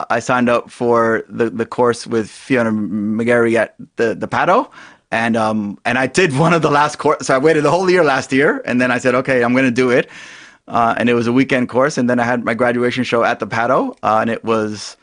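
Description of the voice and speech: Adult man in a radio interview speaks with mild stuttering: repeated 'the', stretched sounds and brief hesitations in otherwise connected speech. He still stutters, especially on his own name, and his speech may not be fluent.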